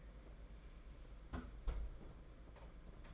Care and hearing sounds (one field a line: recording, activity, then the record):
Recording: daily activity, microphone in the room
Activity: close fridge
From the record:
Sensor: 5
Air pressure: 992.0 hPa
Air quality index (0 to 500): 199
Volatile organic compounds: 1000 ppm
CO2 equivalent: 5742 ppm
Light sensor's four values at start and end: 29/98/37/39 and 29/99/37/39